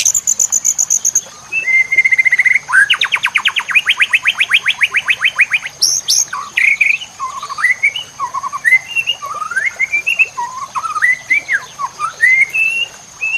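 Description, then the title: White-rumped shama singing: a long buzzy pulsed trill, then many varied whistled phrases that swoop up and down, with a few sharp high notes. Masteran (training recording for cage birds) of white-rumped shama, locally murai batu, labelled labaik. "MASTERAN MURAI BATU LABAIK"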